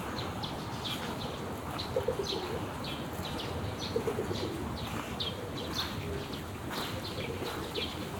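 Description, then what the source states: Pigeon cooing: two short, low, soft coos about two seconds apart, over steady outdoor hum with small birds chirping high and repeatedly throughout. Pigeons resting and flapping off, recorded on a weekday afternoon in a park in Tokyo; everyday park sounds.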